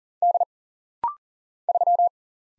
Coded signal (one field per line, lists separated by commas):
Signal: Morse code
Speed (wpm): 40 wpm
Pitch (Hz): 700 Hz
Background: none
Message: D 3